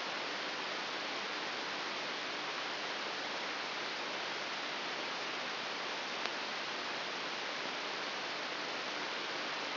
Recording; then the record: brain microelectrode recording played as sound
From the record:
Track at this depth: inside the subthalamic nucleus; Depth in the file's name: 5.401 mm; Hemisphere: right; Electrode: 3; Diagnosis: Parkinson's disease